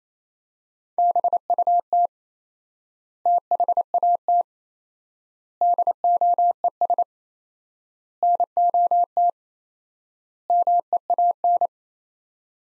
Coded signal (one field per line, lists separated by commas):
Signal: Morse code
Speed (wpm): 28 wpm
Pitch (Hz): 700 Hz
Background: none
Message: BUT THAT DOES NOT MEAN